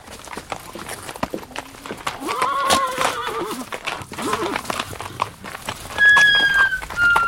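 Horses whinny and neigh in a stable, with rising and falling cries over a steady clatter of hooves shuffling and stamping, and a higher, sharper whinny near the end.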